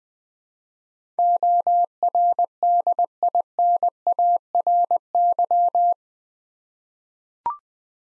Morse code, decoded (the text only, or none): ORDINARY